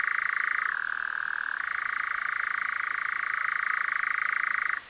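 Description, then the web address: European nightjar churring, a steady mechanical trill that drops briefly to a lower pitch near one second and then returns higher, stopping abruptly just before the end. "caprimulgus europaeus call"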